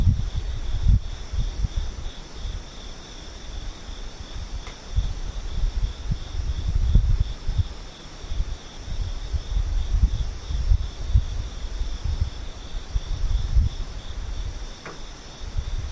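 Insects sing in steady, unbroken lines high up, one bright band over another, holding even for the whole stretch. Underneath, a low rumbling buffet of wind comes and goes in gusts, with a few faint clicks near five and fifteen seconds.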